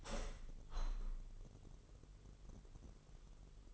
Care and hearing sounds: daily activity, microphone in the room; open window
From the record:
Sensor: 4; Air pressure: 999.4 hPa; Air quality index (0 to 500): 140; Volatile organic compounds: 3 ppm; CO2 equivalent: 1392 ppm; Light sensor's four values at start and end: 34/84/35/38 and 34/84/35/38

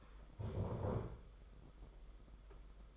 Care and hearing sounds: daily activity, microphone in the room; stand up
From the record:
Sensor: 5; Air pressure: 991.8 hPa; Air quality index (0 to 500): 145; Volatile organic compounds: 145 ppm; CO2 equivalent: 3999 ppm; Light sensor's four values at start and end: 32/108/40/43 and 32/108/40/43

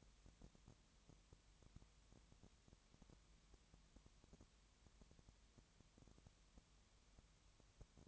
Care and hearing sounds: daily activity, microphone in the room; no activity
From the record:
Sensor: 3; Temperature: 20.6 degrees Celsius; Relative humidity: 34.7%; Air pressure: 1007.2 hPa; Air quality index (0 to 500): 136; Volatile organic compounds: 3 ppm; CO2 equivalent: 1519 ppm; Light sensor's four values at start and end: 2/3/2/2 and 2/3/2/2

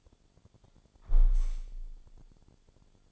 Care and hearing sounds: daily activity, microphone in the room; close window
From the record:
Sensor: 5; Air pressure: 1000.5 hPa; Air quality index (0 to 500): 150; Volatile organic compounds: 2 ppm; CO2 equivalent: 1149 ppm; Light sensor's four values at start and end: 39/91/38/41 and 38/91/38/41

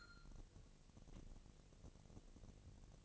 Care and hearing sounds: daily activity, microphone in the room; take from stove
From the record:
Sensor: 4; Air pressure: 1000.1 hPa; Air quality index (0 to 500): 215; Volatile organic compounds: 23 ppm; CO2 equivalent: 2777 ppm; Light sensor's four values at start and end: 9/20/8/7 and 9/19/8/7

